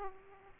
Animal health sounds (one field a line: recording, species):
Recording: mosquito wingbeat signal from an infrared sensor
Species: Aedes aegypti